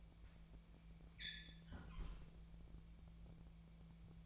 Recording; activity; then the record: daily activity, microphone in the room; close fridge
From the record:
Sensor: 1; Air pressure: 1000.0 hPa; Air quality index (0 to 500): 136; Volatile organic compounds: 2 ppm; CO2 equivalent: 1281 ppm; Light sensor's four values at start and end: 34/86/36/44 and 34/86/36/44